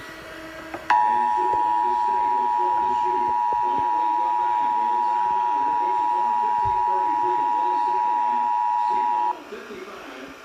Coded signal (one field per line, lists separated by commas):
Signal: Emergency Alert System (SAME) tones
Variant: 853 and 960 Hz attention tone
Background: speech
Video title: EAS #170 Required Monthly Test